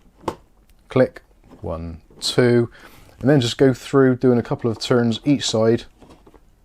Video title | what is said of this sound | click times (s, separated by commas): How To Install Arctic Freezer 36 ARGB CPU Cooler Intel LGA1700 Socket | a few reverse turns, click, | 0.3 s